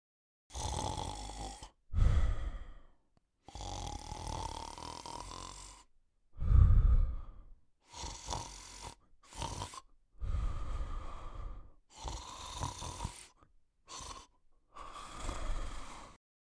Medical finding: Snoring human.